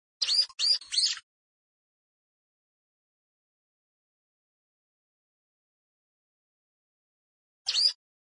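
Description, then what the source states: Plain prinia calling: a quick trio of sharp rising chirps, then a long silence and one more chirp near the end. Rice field habitat.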